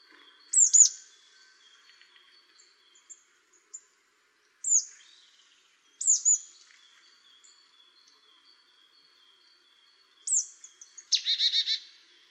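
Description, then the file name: Marsh tit making sharp, high, down-slurred call notes singly or in pairs at irregular intervals, then a closing burst of harsh, nasal, buzzy notes. "Poecile palustris"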